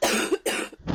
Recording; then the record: coughing mixed with background sound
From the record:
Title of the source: 60 coughing still (deep and wet cough)